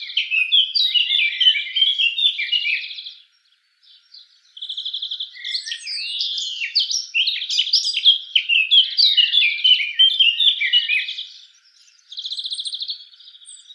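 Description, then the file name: Eurasian blackcap song, long tangled warbles broken by steady buzzy trills and short pauses, ending in a rattling trill. "Sylvia atricapilla"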